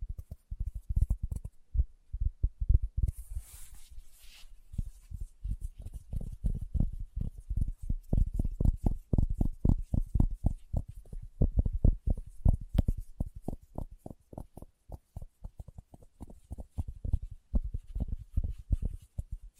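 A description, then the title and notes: Fingertips tap steadily on a surface, making soft, low, muffled thumps in a quick, even rhythm that runs almost the whole time. Around the third and fourth seconds the taps thin out briefly and a short, airy rustle comes through before the steady tapping resumes. ASMR Tapping with Fingertips (No Talking).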